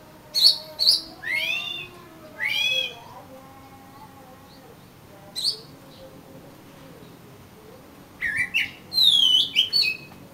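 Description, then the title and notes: Oriental magpie-robin song of sharp whistled notes and downslurred phrases in spaced bursts, with a long quiet gap in the middle and fainter low whistling beneath. "suara kacer. kumpulan suara burung kacer"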